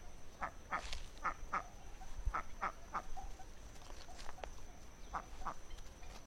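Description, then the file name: Duck uttering short quacks in pairs, two pairs and a group of three early, a pause, then one more pair near the end, over low rumble. "canto do pato selvagem"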